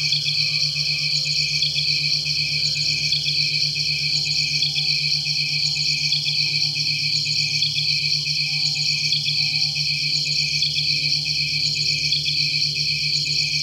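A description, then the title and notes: A dense, unbroken insect chorus fills this stretch of hillside nature, a bright shrill layer with short chirps repeating every second or so. Beneath it runs a low, steady pulsing drone, and the overall loudness stays level throughout. Nature - Penang Hill, Malaysia.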